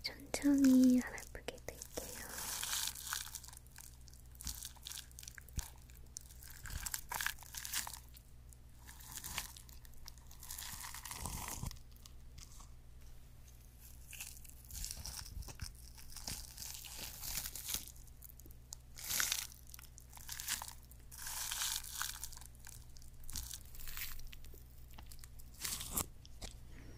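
Creamy products being rubbed and massaged, heard as wet, crackly squishes and crinkly rubbing in irregular bursts throughout, with sharper pops around 11, 19 and 26 seconds. A low, steady hum runs underneath, and a short tone sounds in the first second.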